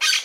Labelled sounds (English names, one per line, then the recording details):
Brown-throated Parakeet contact call
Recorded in Margarita
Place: Rd. to Arenera, R. El Muco
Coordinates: 10.983, -64.362